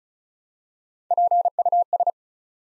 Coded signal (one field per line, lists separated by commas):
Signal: Morse code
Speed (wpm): 36 wpm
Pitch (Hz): 700 Hz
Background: none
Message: PUS